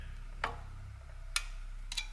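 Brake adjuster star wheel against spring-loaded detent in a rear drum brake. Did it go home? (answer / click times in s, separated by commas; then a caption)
yes / 0.4 s, 1.4 s, 1.9 s. On a Smart 450/451 rear drum brake, the automatic adjuster's star wheel is turned slowly with a screwdriver, so the spring-loaded metal detent ratchets over each tooth. Sharp metallic clicks sound at 0.4, 1.4 and 1.9 s over a steady low hum, each one the detent dropping into the next step. The adjuster clicks over and seats as intended.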